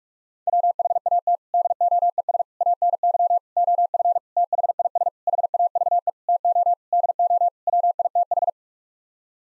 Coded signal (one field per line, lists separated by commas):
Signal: Morse code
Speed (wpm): 46 wpm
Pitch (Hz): 700 Hz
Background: none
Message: WHAT DOES ANY OF THIS HAVE TO DO WITH